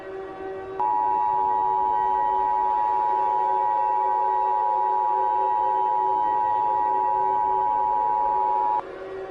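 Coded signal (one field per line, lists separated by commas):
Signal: Emergency Alert System (SAME) tones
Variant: 853 and 960 Hz attention tone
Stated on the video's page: Fictional EAS scenario.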